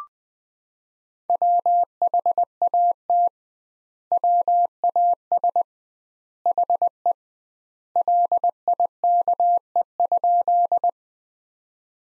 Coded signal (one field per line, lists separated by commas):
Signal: Morse code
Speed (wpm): 20 wpm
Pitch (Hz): 700 Hz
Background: none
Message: WHAT WAS HE LIKE?